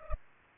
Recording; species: mosquito wingbeat signal from an infrared sensor; Culex pipiens